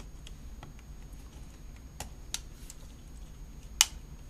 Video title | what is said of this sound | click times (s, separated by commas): W290 hack - shutter/power bar actual wire hack. | And you hear it snap. | 3.8 s